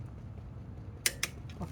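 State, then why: Torque reached. A click-type torque wrench set to 25 tightens the oil drain plug on a 2025 Yamaha MT-07 motorcycle engine during its first oil change. Over a low steady hum, a loud sharp click at 1.0 s marks the wrench reaching its setting, followed by a second, slightly softer sharp hit at 1.2 s and a faint tap near 1.5 s. The plug has reached 25, after which the plan is to add five more.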